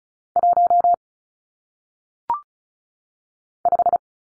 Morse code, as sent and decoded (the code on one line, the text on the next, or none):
.---- / .....
1 5